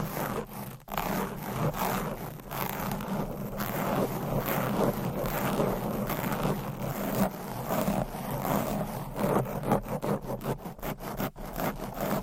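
Fast, aggressive scratching of nails across a microphone cover, a dense rasping texture that runs almost without pause for twelve seconds. The strokes come quickly in choppy bursts, with a low rumble underneath and brief sharp breaks around the one-second mark and near the end.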